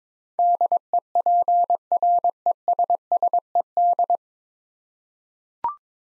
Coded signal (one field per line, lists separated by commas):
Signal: Morse code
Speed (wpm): 21 wpm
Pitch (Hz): 700 Hz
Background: none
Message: DEPRESSED